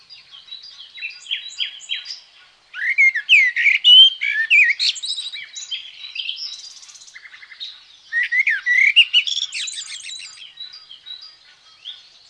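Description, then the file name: Common blackbird singing, varied melodious whistled phrases mixed with high chattering twitters, two strong bursts separated by a softer stretch. "Merel"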